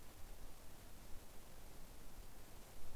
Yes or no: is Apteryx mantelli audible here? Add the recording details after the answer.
no. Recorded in New Zealand on 2 February 2014. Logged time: 22:59. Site CA73